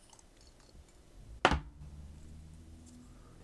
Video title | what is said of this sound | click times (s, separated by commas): Opening and Building Three Blokees Transformers - Soft Spoken ASMR Blind Box | So I'm going to push this against the table and you'll hear it click. | 1.5 s